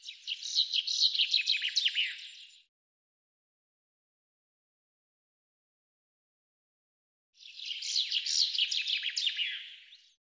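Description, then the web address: Bird producing two short bursts of fast, high chirping twitter, each under three seconds, with about five seconds of silence between them. "cianscape birddata Deverinetal 2025 Bird Fr Co"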